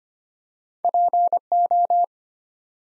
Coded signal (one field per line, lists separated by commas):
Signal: Morse code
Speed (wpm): 25 wpm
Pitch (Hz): 700 Hz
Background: none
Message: PO